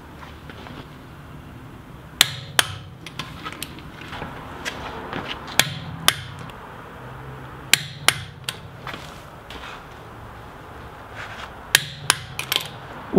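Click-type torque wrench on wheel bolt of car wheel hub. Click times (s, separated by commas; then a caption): 2.2 s, 2.6 s, 6.1 s, 7.7 s, 8.1 s, 11.8 s. With the car lowered after a BMW E38/E39/E53 front brake rotor and pad job, a click-type torque wrench set to 80 ft-lb tightens the wheel bolts on the wheel hub. Sharp, loud metallic clicks ring out at 2.2, 2.6, 6.1, 7.7, 8.1 and 11.8 seconds over quieter handling sounds. Each click signals that a wheel bolt has reached the set torque of 80 ft-lb.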